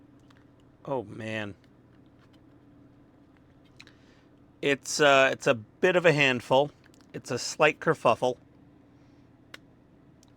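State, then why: Seated. A plastic dashboard assembly is pressed into the body of a fully customized, modded Fanhome 1/8 scale Knight Rider KARR model car after a fiddly struggle, while someone talks. Faint small clicks and taps occur around 0.3 s and 3.4–3.9 s, then a single sharp click at 9.5 s marks the dashboard clicking into place, followed by a couple of faint ticks near 10.2 s. The part ends up seated.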